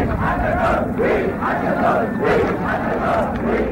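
A large crowd of some 500,000 demonstrators marching in Paris from the Place de la Concorde to the Étoile in the evening chants the slogan "de Gaulle n'est pas seul" in unison, loud rhythmic voices rising and falling in repeated phrases roughly every second, with a dense wash of crowd noise underneath.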